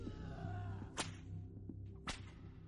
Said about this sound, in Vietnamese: Khi cô đi khuất rồi, vẫn còn nghe thấy tiếng roi vun vút quất vào không khí.